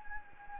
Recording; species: mosquito wingbeat signal from an infrared sensor; Anopheles gambiae